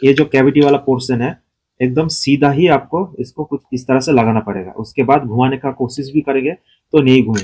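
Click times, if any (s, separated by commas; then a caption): none. Someone talks while lining up the armature (rotor) of an Apache RTR 200 motorcycle starter motor, being worked on for a self-start problem, to go straight into its metal housing, keyed by a slot, where the internal magnet will pull it in. The rotor is still being handled, and nothing has seated or clicked yet.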